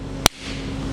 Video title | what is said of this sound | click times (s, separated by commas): TOO MUCH CAFFIENE, MANLY COLOURS, AM APPAREL, ARMS RACE NUTRITION AND PEOPLES AVERAGE STEPS! | you're like that nice solid click yeah no one wanted to like finagle it and sort of yeah | 0.3 s